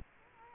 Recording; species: mosquito wingbeat signal from an infrared sensor; Culex quinquefasciatus